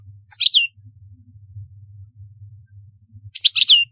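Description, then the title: European goldfinch song: two short bursts of bright, tinkling twitters about three seconds apart, over a steady low hum. "Chant Chardonneret"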